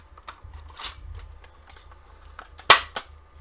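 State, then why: Seated. An upgraded plunger tube assembly, arrow facing up, is pushed into the plastic shell of a Jet Blasters Alpha RT foam-dart blaster. Faint clicks and rustles come first, then a sharp, loud click at 2.7 s, followed by a smaller one. The tube clicks home and is seated.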